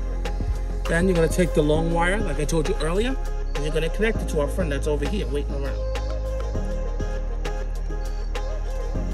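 The long extension wire from a new Hansshow Eagle Eye style tail light on a 2021 Tesla Model 3 is being brought to its waiting plastic harness plug while someone talks over music, with a few faint short handling taps. Nothing has seated or clicked yet; the clip ends just before the connector goes home.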